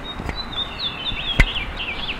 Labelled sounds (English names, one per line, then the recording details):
House Finch song
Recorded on Long Island, New York, on 5 June 2011
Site MA
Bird A